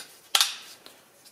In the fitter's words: Voilà, c'est bon, c'est clipsé.